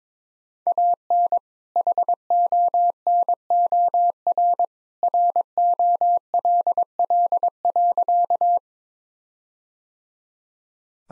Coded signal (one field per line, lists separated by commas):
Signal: Morse code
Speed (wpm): 22 wpm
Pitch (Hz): 700 Hz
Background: none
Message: AN HONOR ROLL.